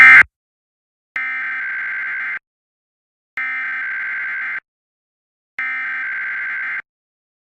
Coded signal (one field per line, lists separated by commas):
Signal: Emergency Alert System (SAME) tones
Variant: header bursts